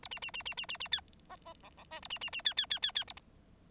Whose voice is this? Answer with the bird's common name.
Bengalese Finch